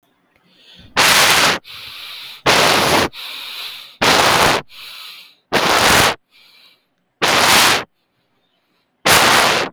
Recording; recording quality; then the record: deep breathing; excellent, no background noise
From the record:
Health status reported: exposed to COVID-19, no respiratory illness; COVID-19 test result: not tested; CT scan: not taken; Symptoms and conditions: none ticked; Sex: male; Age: 22 years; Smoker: no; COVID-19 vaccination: none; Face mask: not worn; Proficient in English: yes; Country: India